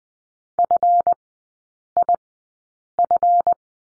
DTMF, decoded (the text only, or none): none